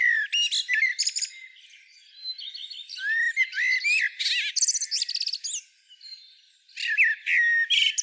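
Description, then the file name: Common blackbird calls: fast, scratchy twittering with high clicks and sliding whistles in bouts separated by short lulls, ending in a final flurry. "Turdus merula"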